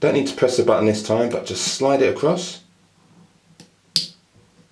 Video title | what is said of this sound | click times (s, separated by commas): How to Change Battery GoPro 7 Black | And that click assures you that it's securely fastened. | 4.0 s